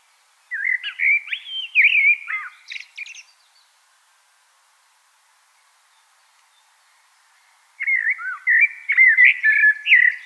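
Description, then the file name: Common blackbird song: a loud fluted phrase ending in scratchy twitters, about four seconds of silence, then a second warbled phrase. "Turdus merula"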